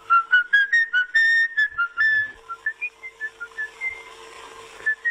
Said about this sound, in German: Er streicht sich mit den Fingern über die Lippen. Er starrt, schließt die Augen, schwankt und pfeift.